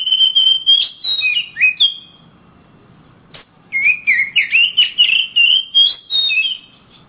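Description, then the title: Oriental magpie-robin giving a varied whistled phrase, a brief pause, then a longer run of rich, warbling whistles. Champion singing kacer birds from Kalimantan and Sumatra; the song is called a master song; the birds are described as gacor, singing actively. "Kicau Kacer Juara Master Kalimantan Sumatra Gacor"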